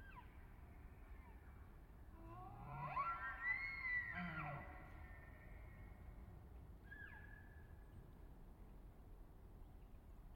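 A bull elk bugles from about two to five seconds, a rising, whistling call over a low rumble, then a shorter squeal near seven seconds.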